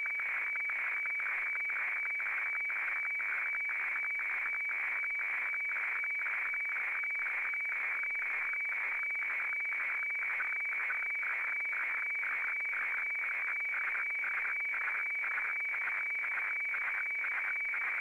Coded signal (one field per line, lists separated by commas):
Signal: weather fax (radiofax)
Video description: Reception of an Australian Bureau of Meteorology broadcast of a weather FAX of high seas for Australian coastal areas from the VMW transmitter at Wiluna in Western Australia.